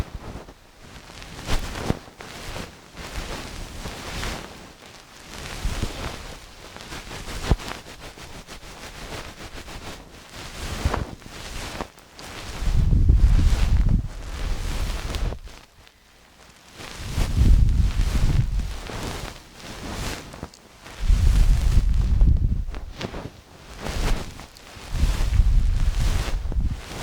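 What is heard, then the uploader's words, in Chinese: Ear cleaning with a feather-tipped pick and massage: continuous soft, scratchy brushing and rustling with a few sharp clicks in the first half. From about 12 seconds on, deep muffled rubbing swells come roughly every four seconds, each lasting a couple of seconds. 梵天掏耳和按摩。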